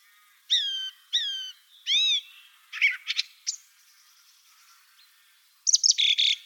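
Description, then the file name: Song thrush song opening with a whistled note repeated three times, then scratchy clipped notes and a final dense chattering phrase. "Drozd pevchij Turdus philomelos - Penie"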